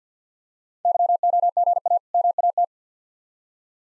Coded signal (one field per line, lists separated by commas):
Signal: Morse code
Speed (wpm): 46 wpm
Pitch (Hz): 700 Hz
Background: none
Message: YOGA MAT